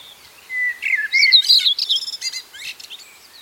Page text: Common Whitethroat Song Tornsanger Sang. knut the bird nerd